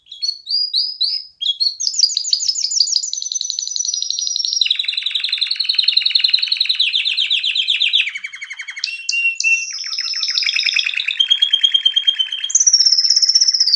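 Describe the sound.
Canary singing a long, nearly continuous song of fast trills that shift pitch from phrase to phrase, some ringing, some buzzy.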